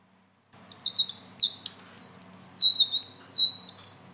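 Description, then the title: Leafbird song, a fast continuous stream of high slurred whistles and chirps, notes dropping and rising in quick succession. Singing actively with a rolling song and varied fill-ins. "BURUNG SELENDANG BIRU GACOR NGEROLL ISIAN"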